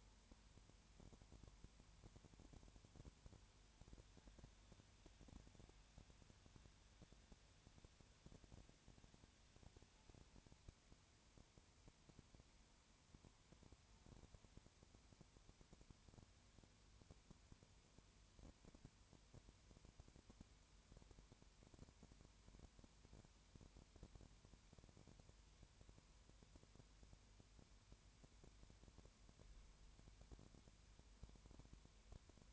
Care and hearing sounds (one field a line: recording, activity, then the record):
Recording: daily activity, microphone in the room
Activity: no activity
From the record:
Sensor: 2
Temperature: 20.3 degrees Celsius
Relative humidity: 33.8%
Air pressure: 1003.1 hPa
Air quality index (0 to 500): 83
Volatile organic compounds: 1 ppm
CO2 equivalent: 789 ppm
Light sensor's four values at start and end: 2/3/2/2 and 2/3/2/2